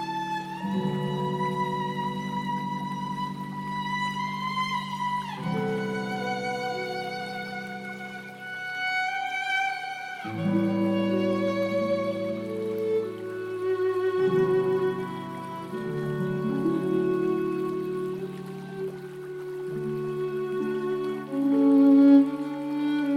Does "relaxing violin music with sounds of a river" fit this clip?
yes